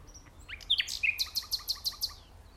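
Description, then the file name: Common nightingale: a couple of quick whistles, then six evenly spaced sharp notes repeated at a steady rapid pace. "Luscinia megarhynchos"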